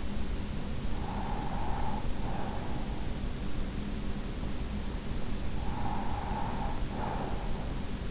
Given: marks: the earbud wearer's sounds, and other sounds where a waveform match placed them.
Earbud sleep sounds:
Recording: sounds in sleep by an in-ear microphone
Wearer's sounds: breath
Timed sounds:
0.71-3.14 s: breath
5.40-8.11 s: breath

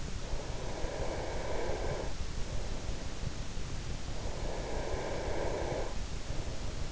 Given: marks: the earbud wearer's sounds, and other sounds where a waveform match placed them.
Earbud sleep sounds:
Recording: sounds in sleep by an in-ear microphone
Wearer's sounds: breath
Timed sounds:
0.11-2.79 s: breath
4.26-6.92 s: breath

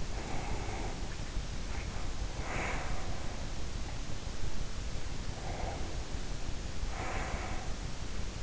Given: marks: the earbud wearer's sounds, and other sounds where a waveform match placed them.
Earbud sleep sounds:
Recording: sounds in sleep by an in-ear microphone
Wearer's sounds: breath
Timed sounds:
0.00-1.32 s: breath
1.68-3.58 s: breath
5.41-7.77 s: breath

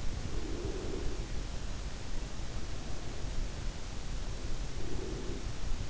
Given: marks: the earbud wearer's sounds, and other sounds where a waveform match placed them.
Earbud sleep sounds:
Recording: sounds in sleep by an in-ear microphone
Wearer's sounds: breath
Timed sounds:
0.43-1.40 s: breath
4.79-5.90 s: breath

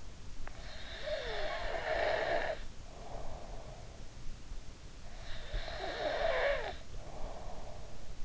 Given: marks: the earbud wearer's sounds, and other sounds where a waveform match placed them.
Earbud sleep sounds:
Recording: sounds in sleep by an in-ear microphone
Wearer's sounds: teeth grinding, breath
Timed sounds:
0.29-0.76 s: teeth grinding
0.76-4.19 s: breath
5.32-8.25 s: breath

